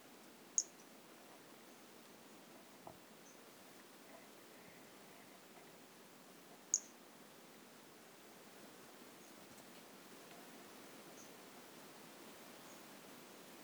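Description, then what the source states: White-lined pumpkin toadlet calls as brief, sharp, high chirps, a loud one near the start and another about six seconds later, with fainter notes between over a steady hiss. Recorded in 2018.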